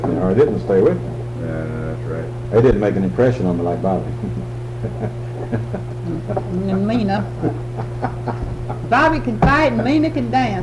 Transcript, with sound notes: Or it didn't stay with me.
That's right.
They didn't make an impression on me like Bobby. (laughs)
And Lena. Bobby can fight and Lena can dance, huh?